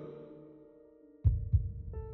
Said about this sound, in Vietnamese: Cô nghe rõ tiếng tim mình đập lên thình thịch